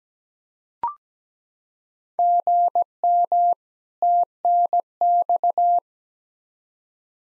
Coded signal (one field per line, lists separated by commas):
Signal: Morse code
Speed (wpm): 17 wpm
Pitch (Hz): 700 Hz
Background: none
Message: GM TNX